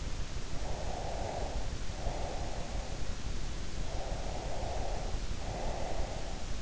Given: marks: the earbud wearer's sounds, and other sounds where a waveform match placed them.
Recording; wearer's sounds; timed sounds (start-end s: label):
sounds in sleep by an in-ear microphone; breath
0.58-3.16 s: breath
3.84-6.52 s: breath